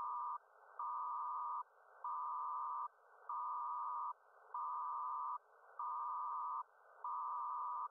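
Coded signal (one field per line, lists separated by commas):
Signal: HF data modem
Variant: PACTOR-II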